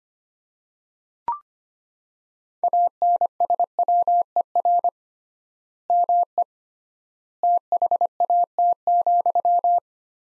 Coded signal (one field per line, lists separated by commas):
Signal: Morse code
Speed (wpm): 25 wpm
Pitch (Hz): 700 Hz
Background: none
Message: ANSWER ME THAT,